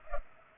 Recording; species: mosquito wingbeat signal from an infrared sensor; Culex pipiens